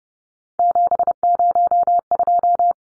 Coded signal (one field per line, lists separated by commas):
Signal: Morse code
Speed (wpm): 30 wpm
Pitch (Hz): 700 Hz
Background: none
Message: 702